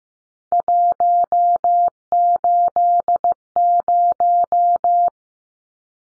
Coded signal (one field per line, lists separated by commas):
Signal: Morse code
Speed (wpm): 15 wpm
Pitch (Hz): 700 Hz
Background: none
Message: 180